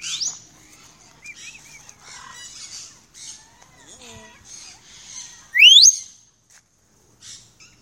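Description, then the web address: Parrot calls: scattered raspy chatter and short notes, then one loud sharply rising whistle near the end, followed by quieter squawks. "The Bird Sanctuary. parrots"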